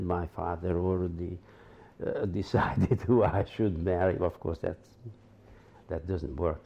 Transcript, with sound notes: My father already decided [chuckles] who I should marry. Of course, that's — that doesn't work.